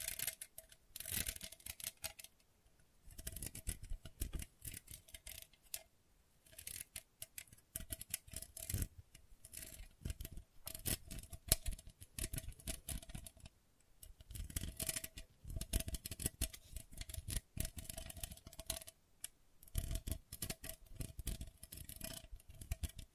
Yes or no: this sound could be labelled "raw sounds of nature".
no